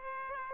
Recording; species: mosquito wingbeat signal from an infrared sensor; Aedes aegypti